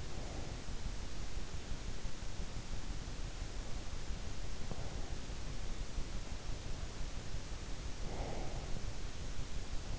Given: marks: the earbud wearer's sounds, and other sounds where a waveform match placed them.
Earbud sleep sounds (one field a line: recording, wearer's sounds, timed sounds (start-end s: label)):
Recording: sounds in sleep by an in-ear microphone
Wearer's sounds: breath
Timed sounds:
0.00-0.97 s: breath
4.54-6.07 s: breath
7.92-9.06 s: breath